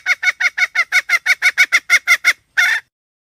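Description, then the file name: Red junglefowl hen repeating harsh clucks about three times a second, ending with a slightly longer, rougher squawk. "tieng ga mai rung"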